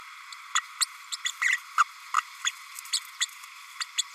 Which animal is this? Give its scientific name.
Forpus passerinus